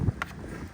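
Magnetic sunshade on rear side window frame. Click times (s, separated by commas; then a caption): 0.2 s. A custom magnetic sunshade, which snaps into place at each corner of the rear side window frame of a 2010 GL350, is pulled off by its tab. A brief low rumble is followed by one sharp snap at 0.2 s as it releases from the frame, then a quiet background.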